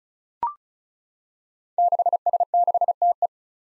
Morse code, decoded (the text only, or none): 6S6TE